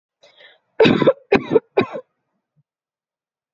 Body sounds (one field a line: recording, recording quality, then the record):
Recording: heavy voluntary cough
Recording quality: excellent, no background noise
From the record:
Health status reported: healthy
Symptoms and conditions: none ticked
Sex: female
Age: 21 years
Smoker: not ticked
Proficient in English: yes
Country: India